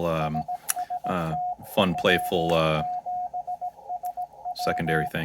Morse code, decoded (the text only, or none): SST W7SW